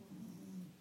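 A dog snoring in a living room.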